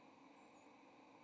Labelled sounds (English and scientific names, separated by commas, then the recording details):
White-throated Sparrow (Zonotrichia albicollis) flight call
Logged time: 07:04 on 30 October 2014